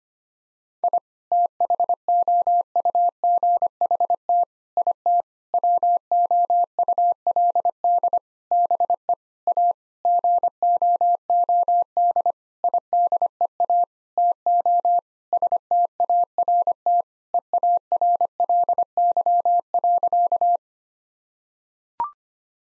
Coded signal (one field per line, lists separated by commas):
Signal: Morse code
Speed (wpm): 25 wpm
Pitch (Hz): 700 Hz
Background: none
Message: I THOUGHT IT WOULD BE A GOOD IDEA TO START EARLY.